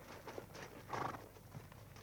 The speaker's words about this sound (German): Ich band Dick Stones Pferd an meinen Rotschimmel und dann ritten wir los.